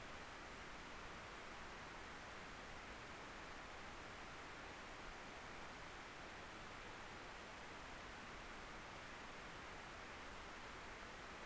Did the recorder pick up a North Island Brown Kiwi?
no